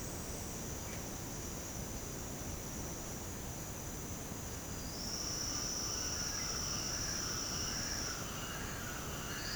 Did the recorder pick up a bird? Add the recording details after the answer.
yes. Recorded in secondary vegetation near Puerto Asís, Putumayo, Colombia, on 24 March 2025 at 08:00. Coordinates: 0.488, -76.319. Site G095